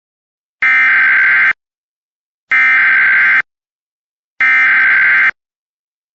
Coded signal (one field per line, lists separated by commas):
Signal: Emergency Alert System (SAME) tones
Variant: header bursts